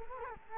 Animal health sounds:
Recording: mosquito wingbeat signal from an infrared sensor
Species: Culex quinquefasciatus

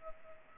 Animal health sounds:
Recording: mosquito wingbeat signal from an infrared sensor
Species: Culex pipiens

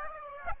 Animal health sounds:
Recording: mosquito wingbeat signal from an infrared sensor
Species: Aedes aegypti

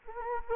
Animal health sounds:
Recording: mosquito wingbeat signal from an infrared sensor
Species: Anopheles gambiae

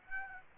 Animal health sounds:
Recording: mosquito wingbeat signal from an infrared sensor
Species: Aedes aegypti

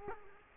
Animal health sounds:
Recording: mosquito wingbeat signal from an infrared sensor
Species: Culex quinquefasciatus

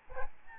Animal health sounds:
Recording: mosquito wingbeat signal from an infrared sensor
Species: Aedes albopictus

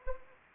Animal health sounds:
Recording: mosquito wingbeat signal from an infrared sensor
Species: Anopheles arabiensis

